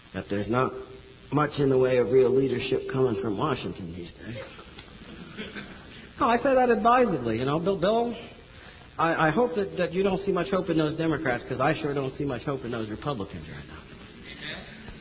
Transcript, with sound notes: that there's not much in the way of real leadership coming from Washington these days. [laughter] No, I say that advisedly, you know. Though, I hope that you don't see much hope in those Democrats, because I sure don't see much hope in those Republicans right now.